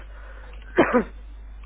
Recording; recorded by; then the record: voluntary cough; telephone call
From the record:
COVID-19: positive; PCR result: checked with the laboratory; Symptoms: no